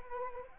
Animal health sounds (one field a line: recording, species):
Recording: mosquito wingbeat signal from an infrared sensor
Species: Anopheles arabiensis